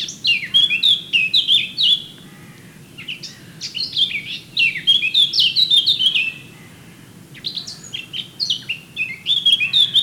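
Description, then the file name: Eurasian blackcap singing: rapid jumbled warbling phrases, repeated three times with short pauses between, each tumbling over high twittering notes. "Sylvia atricapilla"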